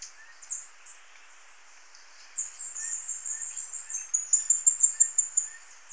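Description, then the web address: Green-and-black fruiteater call: scattered high thin notes, then a long very high buzzy series ending in sharper, evenly spaced pulses; a few soft lower chirps around. Recorded in Ecuador. "Natures Songs S America Birds of Ecuador Green-and-black Fruiteater"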